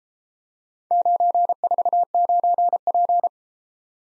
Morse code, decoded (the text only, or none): 949P